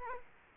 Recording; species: mosquito wingbeat signal from an infrared sensor; Culex quinquefasciatus